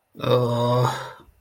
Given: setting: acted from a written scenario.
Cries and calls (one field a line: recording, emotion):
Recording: vocal sound without words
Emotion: embarrassment